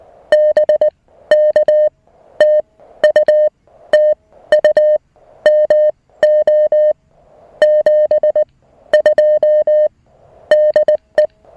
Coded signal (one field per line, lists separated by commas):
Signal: Morse code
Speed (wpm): 19 wpm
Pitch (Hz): 610 Hz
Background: music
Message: BK TU TU MO 72 DE